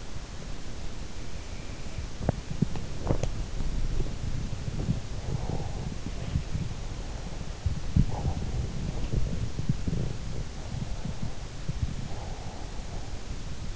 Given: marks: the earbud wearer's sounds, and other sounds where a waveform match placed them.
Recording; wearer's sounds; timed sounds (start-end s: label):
sounds in sleep by an in-ear microphone; body movement, breath
0.00-13.76 s: body movement
4.86-6.18 s: breath
8.04-9.42 s: breath
11.95-13.45 s: breath